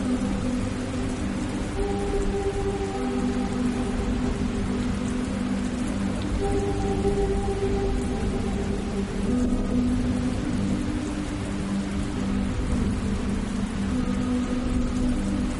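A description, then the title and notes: Rain falls in a steady, dense hiss that holds level throughout, without distinct drops standing out. Low, humming tones rise beneath it in repeating stretches, roughly every five or six seconds, giving a droning, looping feel under the rain. Rhythmic Rain and Thunder Loops. The steady patter of rain and the distant rumble of thunder.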